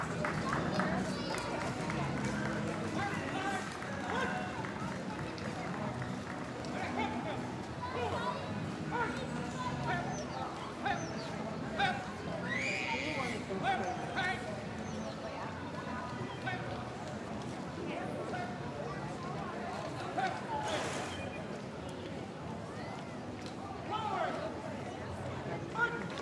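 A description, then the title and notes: A Memorial Day parade crowd on College Ave chatters steadily throughout, with occasional sharper shouts and brief bright bursts standing out around the middle. Listen to the soundscape of the Memorial Day parade on College Ave in Downtown Appleton.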